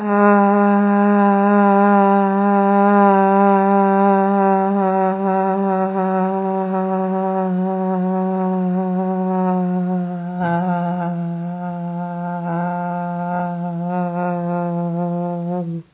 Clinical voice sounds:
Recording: sustained vowel /a/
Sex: female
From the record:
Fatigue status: fatigue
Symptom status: symptomatic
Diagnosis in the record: COVID-19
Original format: 3gp

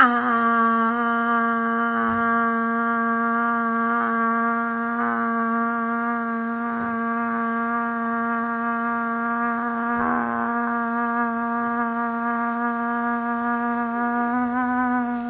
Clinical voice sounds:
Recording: sustained vowel /a/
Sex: female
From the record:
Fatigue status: no fatigue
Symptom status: symptomatic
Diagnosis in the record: COVID-19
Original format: 3gp

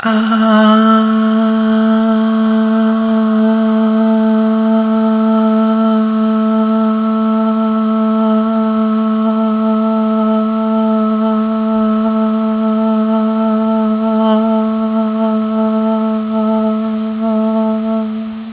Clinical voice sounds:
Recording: sustained vowel /a/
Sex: female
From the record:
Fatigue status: fatigue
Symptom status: symptomatic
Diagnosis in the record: COVID-19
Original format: 3gp

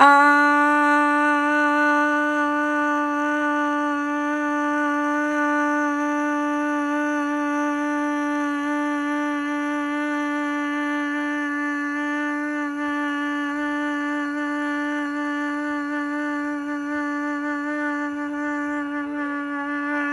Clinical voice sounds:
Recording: sustained vowel /a/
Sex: female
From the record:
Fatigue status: no fatigue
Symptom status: symptomatic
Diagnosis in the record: COVID-19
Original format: m4a

